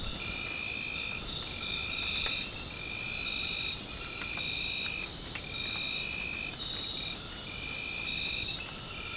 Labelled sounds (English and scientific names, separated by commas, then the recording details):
none
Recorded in dense forest near Puerto Asís, Putumayo, Colombia, on 24 March 2025 at 19:30
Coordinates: 0.500, -76.322
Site GP06